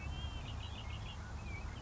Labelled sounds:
Red-winged Blackbird (Agelaius phoeniceus)
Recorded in Sonoma County, California

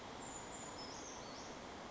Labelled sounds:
Brown Creeper (Certhia americana)
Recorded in Sonoma County, California

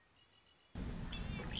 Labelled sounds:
Red-winged Blackbird (Agelaius phoeniceus)
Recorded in Sonoma County, California

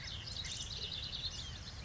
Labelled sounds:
House Wren (Troglodytes aedon)
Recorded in Sonoma County, California

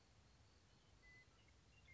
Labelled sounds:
Western Meadowlark (Sturnella neglecta)
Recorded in Sonoma County, California

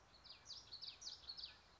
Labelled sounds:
Common Yellowthroat (Geothlypis trichas)
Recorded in Sonoma County, California

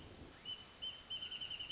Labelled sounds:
Wrentit (Chamaea fasciata)
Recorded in Sonoma County, California

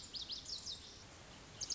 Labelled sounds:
Lazuli Bunting (Passerina amoena)
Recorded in Sonoma County, California

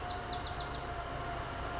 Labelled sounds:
Bewick's Wren (Thryomanes bewickii)
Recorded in Sonoma County, California

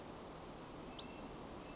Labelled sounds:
Western Flycatcher (Empidonax difficilis)
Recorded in Sonoma County, California

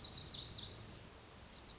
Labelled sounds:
Lazuli Bunting (Passerina amoena)
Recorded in Sonoma County, California

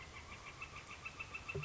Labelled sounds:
Northern Flicker (Colaptes auratus)
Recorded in Sonoma County, California

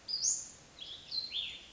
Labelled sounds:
Cassin's Vireo (Vireo cassinii)
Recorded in Sonoma County, California

